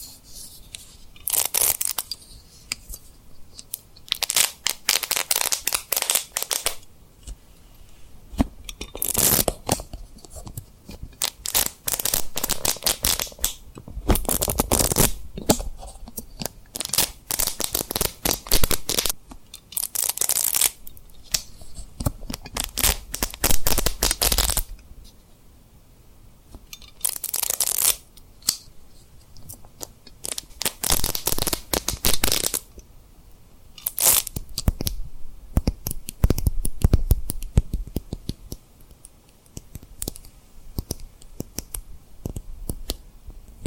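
Tapping and rubbing on rhinestone lip triggers, with bursts of crisp, crinkly scratching and quick clicks that come in uneven clusters. The sound stops and starts every few seconds, bright and gritty, with short quiet gaps between the rubbing passages.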